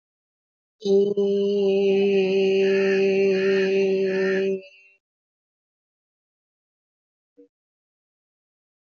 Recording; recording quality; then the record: sustained vowel as in made; excellent, no background noise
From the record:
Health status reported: exposed to COVID-19, no respiratory illness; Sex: female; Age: 26 years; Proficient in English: yes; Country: India